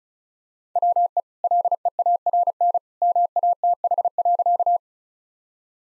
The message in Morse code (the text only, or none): WE LEARN MATH.